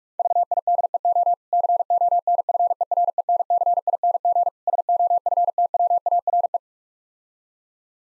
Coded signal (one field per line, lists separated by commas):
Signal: Morse code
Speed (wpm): 45 wpm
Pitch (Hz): 700 Hz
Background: none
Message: VIDEO CONFERENCING SOFTWARE